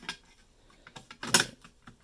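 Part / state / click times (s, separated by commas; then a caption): internal plastic cover onto mini PC chassis / seated / 1.3 s. An inner plastic cover is pressed down onto the chassis of an Alienware Alpha mini PC after a CPU swap, with a few light clicks and taps before a loud, sharp snap at 1.3 s. The cover snaps into place and is seated, and the fan is checked to make sure it can still move.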